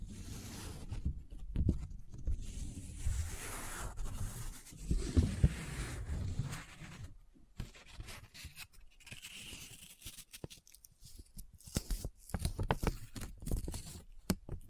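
Paper is handled close up: folded, rubbed and scratched, with a dense, rough rustle through the first seven seconds and a brief louder crunch near five seconds. After that the sound breaks into sparse, sharp crinkles and clicks separated by short quiet gaps.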